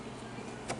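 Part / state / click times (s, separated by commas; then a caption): plastic top plate released from upright vacuum body / released / 0.7 s. A tool wedged into the slide-in plastic top plate of a Kirby Avalir 2 upright vacuum is twisted gently. A steady background hum runs under it until a short, sharp pop at 0.7 s as the plastic top plate releases from the vacuum body. The plate pops loose.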